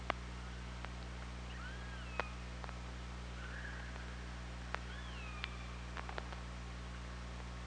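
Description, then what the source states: Killer whale calls, two tonal swooping calls with scattered sharp clicks over a steady low hum. Recorded underwater by the OrcaLab hydrophone on 24 August 2017, around 07:25.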